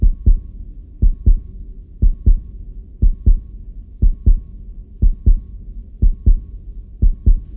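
A living heartbeat, steady and regular at about 60 beats per minute, each beat a deep, low-pitched double thump.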